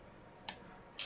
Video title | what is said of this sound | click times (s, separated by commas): Springfield XD Complete Disassembly and Reassembly | and it'll click into place and now it's | 0.5 s, 1.0 s